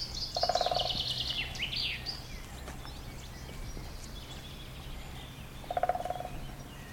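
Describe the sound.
Woodpecker calls: a quick burst of several even, low pulses near the start and again near the end, with a high twittering songbird and low rumble behind.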